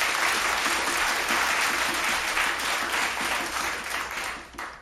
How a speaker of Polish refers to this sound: Maja Wąż, brawa dla niej.